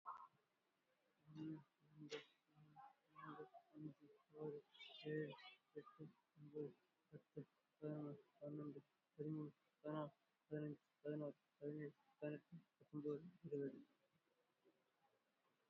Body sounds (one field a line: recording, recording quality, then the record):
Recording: counting at a normal pace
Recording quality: excellent, no background noise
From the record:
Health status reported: exposed to COVID-19, no respiratory illness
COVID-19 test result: negative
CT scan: not taken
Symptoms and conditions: cough, sore throat, fever, muscle pain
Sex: male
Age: 26 years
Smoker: no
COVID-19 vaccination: none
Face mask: worn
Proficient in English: yes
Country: India